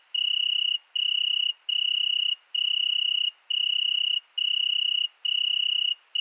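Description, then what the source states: Italian tree cricket singing clear, ringing trills under a second long with short gaps between them, steady in pitch, nothing else audible. Single tree cricket settled for two nights in Virginia creeper under a window, recorded at night 22:30 on 13 August 2020 at Fourcinet ValMaravel with Nagra Seven and MKH40 cardioid microphone.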